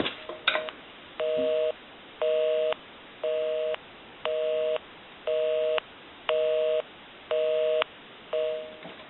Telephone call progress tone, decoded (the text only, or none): busy tone